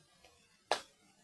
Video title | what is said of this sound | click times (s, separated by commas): GI Joe Classified Courtney Cover Girl Krieger Unboxing | There we go. And it snaps right in. | 0.7 s